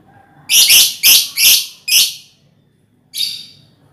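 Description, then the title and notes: Lovebird with four loud rasping screeches in a fast run, a short silence, then one more fading screech. Ngekek song, used as a lure song (kicau pancingan). "Master Kicau Lovebird ngekek, kicau pancingan"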